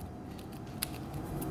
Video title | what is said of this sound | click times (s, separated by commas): DJI Osmo Pocket 3 Creators Combo - Unboxing & Accessories - Is it worth it? 🤔 | This is how it clicks into place. | 0.8 s